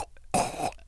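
A single harsh, forceful retching burst of about half a second rises abruptly from near silence, rough and noisy like a choked cough. It is an adult man's imitation of gagging from a bad gag reflex, set off when a doctor examined the back of his inflamed throat.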